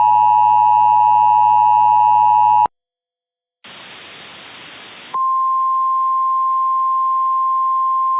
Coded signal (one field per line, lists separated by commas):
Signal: Emergency Alert System (SAME) tones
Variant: 853 and 960 Hz attention tone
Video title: EAS Mock 1: The PDS TOR